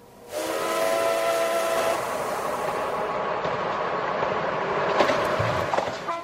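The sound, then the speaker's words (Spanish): A sustained, high warning whistle sounds for about two seconds as the doors close, then a subway train rumbles and rattles steadily as it pulls away into the tunnel, with metallic clanks and squeals near the end. “Se oyó el silbato de aviso y las puertas se cerraron.”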